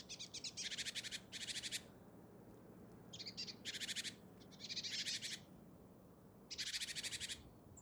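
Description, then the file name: Great tit rattling calls: loud buzzy pulsed churrs, some in quick pairs, separated by short pauses. "Parus major"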